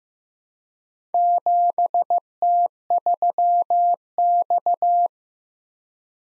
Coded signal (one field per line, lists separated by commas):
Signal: Morse code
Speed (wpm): 15 wpm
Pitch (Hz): 700 Hz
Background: none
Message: 7T3X